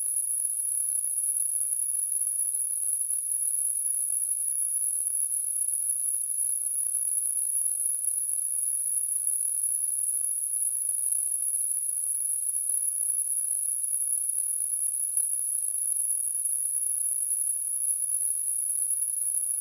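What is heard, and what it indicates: Simulated tinnitus: a steady, continuous high-pitched pure tone near 10 kHz, holding an even level throughout with no breaks, over a faint hiss. A much weaker steady tone sits near 2.7 kHz.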